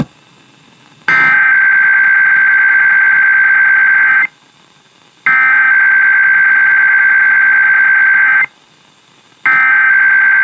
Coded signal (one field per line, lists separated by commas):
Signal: Emergency Alert System (SAME) tones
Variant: header bursts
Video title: IPAWS Weekly Test (3/7/22)(EAS 1124)